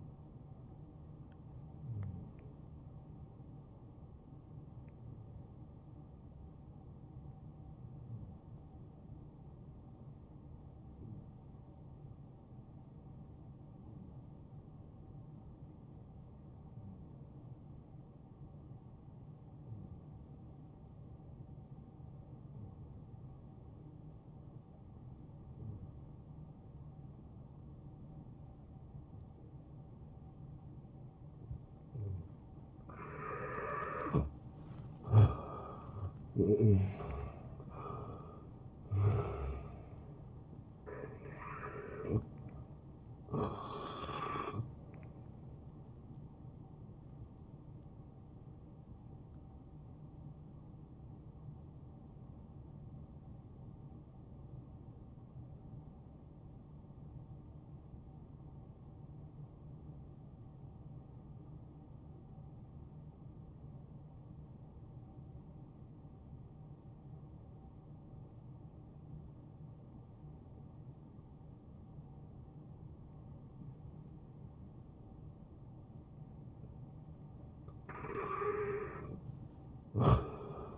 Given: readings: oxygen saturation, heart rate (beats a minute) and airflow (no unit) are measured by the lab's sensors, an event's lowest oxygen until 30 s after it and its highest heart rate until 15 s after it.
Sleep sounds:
breathing in sleep by a smartphone at the bedside; 2
3.00-31.30 s: hypopnea (N1, oxygen 93% highest, then 85% lowest, heart rate 69 at the start, 76 highest)
49.00-75.50 s: hypopnea (N1, oxygen 93% highest, then 85% lowest, heart rate 62 at the start, 72 highest)
From the record:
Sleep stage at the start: N1 (lightest sleep); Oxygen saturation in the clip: 85 to 93%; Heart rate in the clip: 62 to 76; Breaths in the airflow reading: 12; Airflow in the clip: -10.7 to 6.4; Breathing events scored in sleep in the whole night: 263 in 5.5 hours asleep

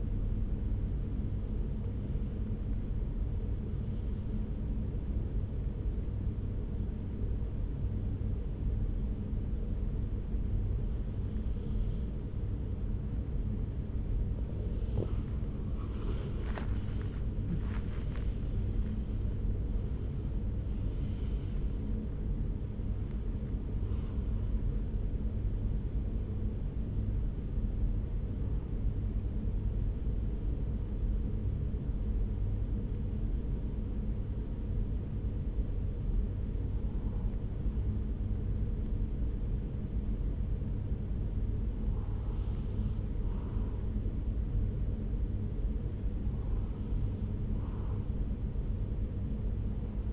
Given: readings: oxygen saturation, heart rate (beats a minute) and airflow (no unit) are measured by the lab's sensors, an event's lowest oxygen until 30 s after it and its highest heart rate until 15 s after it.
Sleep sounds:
breathing in sleep by a smartphone at the bedside; 2
4.00-15.70 s: hypopnea (N1, oxygen 95% highest, then 91% lowest)
29.00-45.40 s: hypopnea (N1, oxygen 95% highest, then 92% lowest)
From the record:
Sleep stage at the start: N1 (lightest sleep); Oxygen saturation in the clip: 91 to 96%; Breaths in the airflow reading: 11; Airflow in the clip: -4.8 to 5.2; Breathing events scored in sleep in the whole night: 335 in 6.7 hours asleep

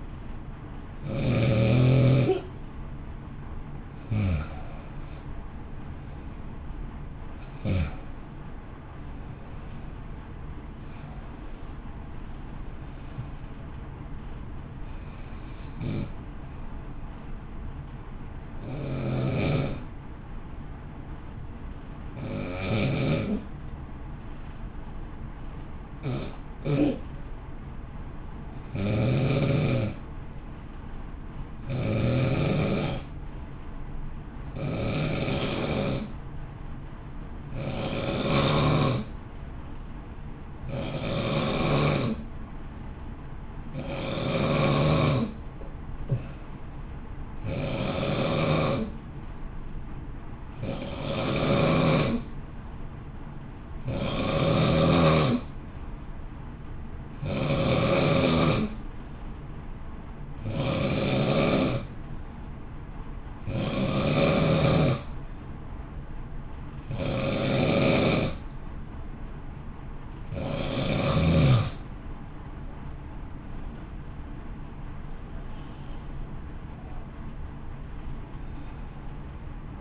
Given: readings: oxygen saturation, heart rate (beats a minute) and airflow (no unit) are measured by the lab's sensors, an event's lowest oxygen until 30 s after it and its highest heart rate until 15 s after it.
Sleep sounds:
breathing in sleep by a smartphone at the bedside; 1
30.00-66.90 s: hypopnea (N1, oxygen 96% highest, then 89% lowest, heart rate 58 at the start, 60 highest)
52.00-79.81 s: new sleep stage, N2 (light sleep)
From the record:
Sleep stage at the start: N1 (lightest sleep); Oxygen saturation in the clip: 89 to 96%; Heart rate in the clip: 52 to 62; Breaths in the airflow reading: 29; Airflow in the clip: -0.9 to 1.0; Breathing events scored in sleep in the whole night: 328 in 6.3 hours asleep

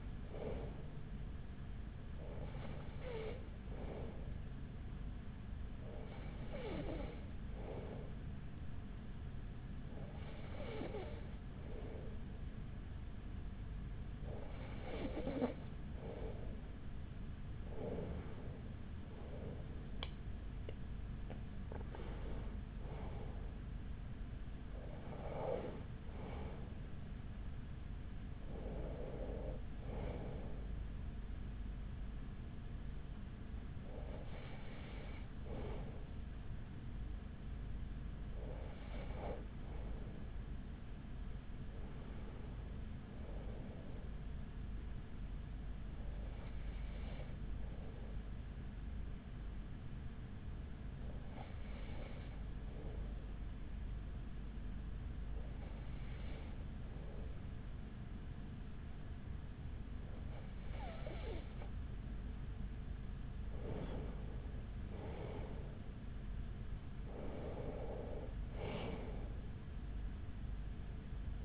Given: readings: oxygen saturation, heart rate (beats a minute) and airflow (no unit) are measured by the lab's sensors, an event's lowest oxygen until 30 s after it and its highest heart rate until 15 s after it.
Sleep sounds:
breathing in sleep by a smartphone at the bedside; 3
6.00-22.00 s: hypopnea (N2, oxygen 94% highest, then 94% lowest, heart rate 44 at the start, 48 highest)
27.00-71.45 s: new sleep stage, N1 (lightest sleep)
33.00-43.00 s: hypopnea (N1, oxygen 95% highest, then 94% lowest, heart rate 46 at the start, 47 highest)
51.00-65.70 s: hypopnea (N1, oxygen 96% highest, then 94% lowest, heart rate 42 at the start, 48 highest)
From the record:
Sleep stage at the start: N2 (light sleep); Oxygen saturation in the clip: 94 to 96%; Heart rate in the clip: 40 to 48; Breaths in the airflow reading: 18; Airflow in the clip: -6.4 to 7.0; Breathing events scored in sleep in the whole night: 207 in 7.6 hours asleep

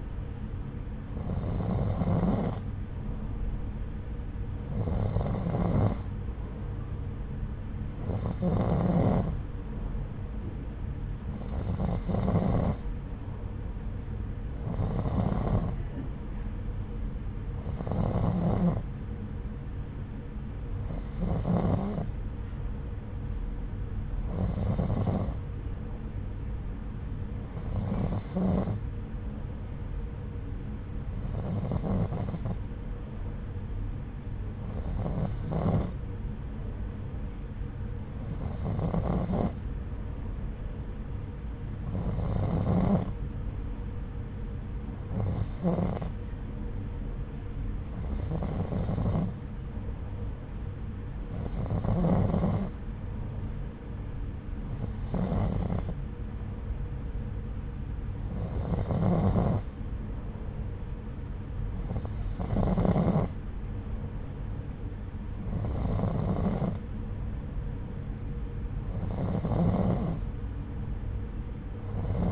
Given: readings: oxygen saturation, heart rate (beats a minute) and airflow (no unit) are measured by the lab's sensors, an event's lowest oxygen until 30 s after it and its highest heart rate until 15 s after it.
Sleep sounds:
breathing in sleep by a smartphone at the bedside; none
none scored
From the record:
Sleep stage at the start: N2 (light sleep); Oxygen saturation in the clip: 90 to 91%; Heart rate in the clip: 68 to 78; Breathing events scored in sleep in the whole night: 303 in 8.1 hours asleep

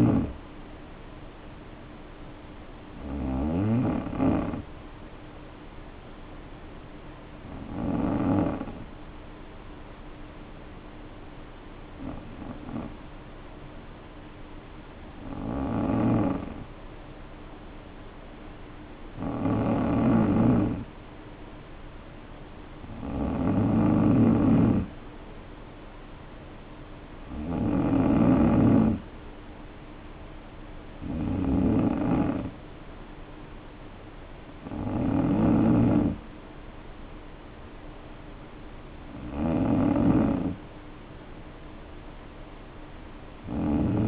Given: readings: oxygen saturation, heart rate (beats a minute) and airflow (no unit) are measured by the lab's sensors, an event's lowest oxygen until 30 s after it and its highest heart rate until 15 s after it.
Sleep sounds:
breathing in sleep by a voice recorder at the bedside; 1
3.00-19.70 s: hypopnea (N2, oxygen 94% highest, then 89% lowest, heart rate 54 at the start, 58 highest)
From the record:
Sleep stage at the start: N2 (light sleep); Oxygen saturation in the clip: 87 to 94%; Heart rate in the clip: 51 to 58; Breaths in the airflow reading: 9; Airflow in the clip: -2.9 to 2.8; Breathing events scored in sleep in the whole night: 520 in 7.2 hours asleep

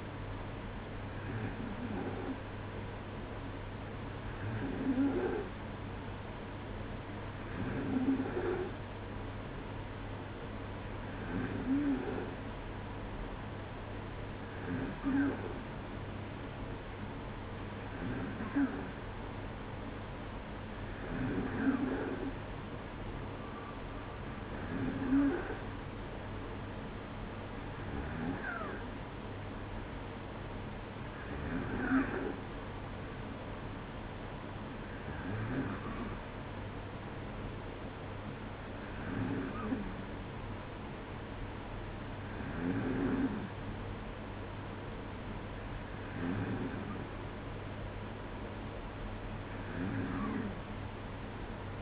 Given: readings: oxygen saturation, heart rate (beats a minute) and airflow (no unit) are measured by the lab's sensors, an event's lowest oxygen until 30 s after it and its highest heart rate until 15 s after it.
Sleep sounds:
breathing in sleep by a voice recorder at the bedside; none
none scored
From the record:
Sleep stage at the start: N2 (light sleep); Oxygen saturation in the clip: 93 to 94%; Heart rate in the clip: 55 to 57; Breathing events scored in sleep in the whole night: 305 in 9.6 hours asleep

